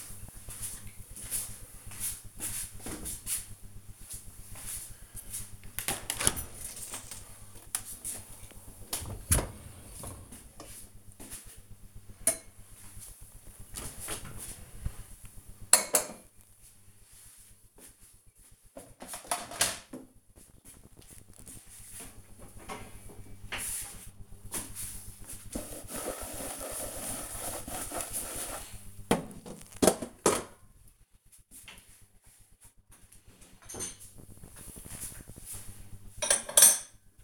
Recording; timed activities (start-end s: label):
household activities, microphone on the right wrist
4.28-37.24 s: cleaning out the dishwasher